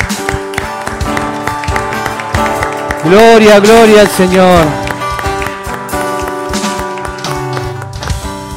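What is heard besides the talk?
audience applauding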